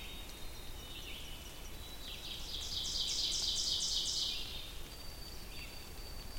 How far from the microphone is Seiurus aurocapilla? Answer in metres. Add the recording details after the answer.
about 45 m. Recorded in boreal forest in Alberta, Canada, on 2 June 2016 at 08:08. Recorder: SongMeter 3, array SBT-3-7. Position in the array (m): 23 m, 135 m. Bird 4